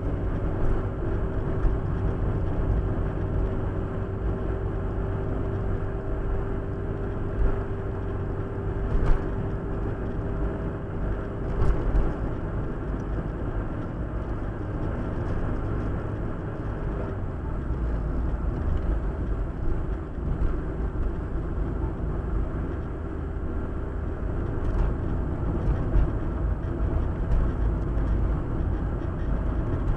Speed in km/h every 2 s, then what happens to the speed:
57, 57, 58, 58, 59, 59, 60, 61, 61, 58, 59, 58, 59, 61, 62.
0-30 steady at about 59.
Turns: none.